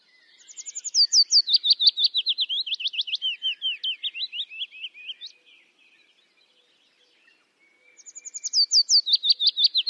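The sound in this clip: Bird song made of long rapid trills of bright slurred notes that step downward, then a pause and a new phrase starting high.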